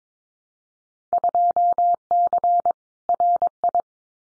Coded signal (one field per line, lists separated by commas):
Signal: Morse code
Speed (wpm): 22 wpm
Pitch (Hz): 700 Hz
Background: none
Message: 2C RI